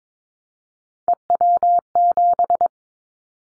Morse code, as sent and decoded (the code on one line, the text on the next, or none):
. .-- --...
EW7